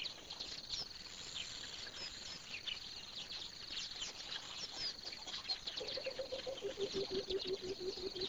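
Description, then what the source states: Coucal sounding a low series of quick booming hoots, falling slightly in pitch, near the end, while many small birds chirp and trill steadily throughout. Recorded in the morning at a pond, with other birds calling.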